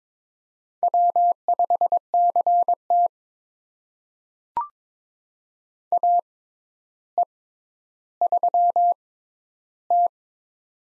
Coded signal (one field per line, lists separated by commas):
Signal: Morse code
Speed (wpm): 22 wpm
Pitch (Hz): 700 Hz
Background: none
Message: W5CT AE3T